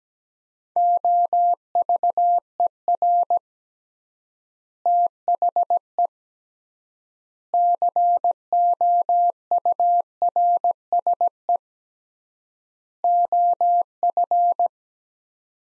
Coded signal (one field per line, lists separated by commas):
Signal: Morse code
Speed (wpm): 17 wpm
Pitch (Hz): 700 Hz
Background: none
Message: OVER THE COURSE OF